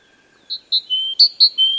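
Great tit calling with pure whistled notes that swap between high and slightly lower pitch, repeated several times in quick succession.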